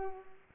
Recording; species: mosquito wingbeat signal from an infrared sensor; Culex pipiens